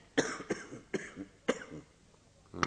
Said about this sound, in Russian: Кашляешь ты все.